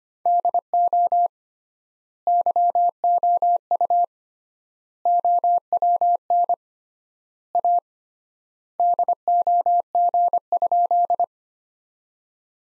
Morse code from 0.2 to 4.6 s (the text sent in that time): DO YOU